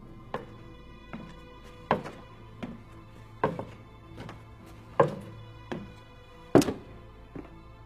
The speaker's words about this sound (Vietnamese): Đầu tiên là những tiếng bước chân vang lên ở ngay ngoài hành lang. Quái lạ, sao lại có tiếng bước chân rõ như vậy vọng vào tận trong này được.